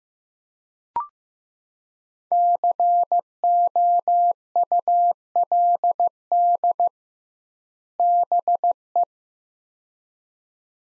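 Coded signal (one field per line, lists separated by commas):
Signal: Morse code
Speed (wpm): 15 wpm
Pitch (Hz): 700 Hz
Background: none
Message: COULD BE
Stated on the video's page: Morse practice of two-word sets at 15 wpm with 2x word spacing, a Farnsworth-like method for head-copying phrases.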